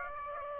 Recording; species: mosquito wingbeat signal from an infrared sensor; Aedes aegypti